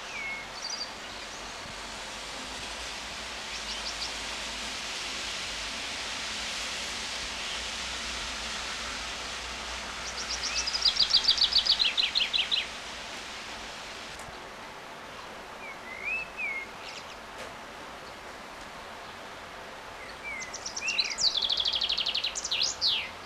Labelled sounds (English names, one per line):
Common Chaffinch song